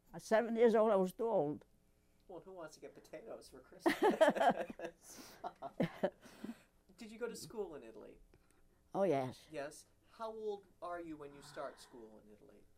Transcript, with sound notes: Seven years old, I was too old.
Well, who wants to get potatoes for Christmas? ( they laugh ) Did you go to school in Italy?
Oh, yes.
Yes? How old are you when you start school in Italy?